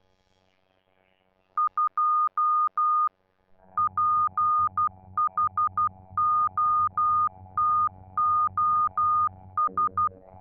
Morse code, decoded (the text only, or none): 2 PHOTOS